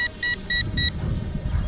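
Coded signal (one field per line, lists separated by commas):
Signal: alarm pattern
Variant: Eachine EX5 drone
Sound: four quick high-pitched electronic beeps, then outdoor rumble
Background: wind noise outdoors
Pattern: 4 short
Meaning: Low battery warning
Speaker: oh, that's the low battery, check that out.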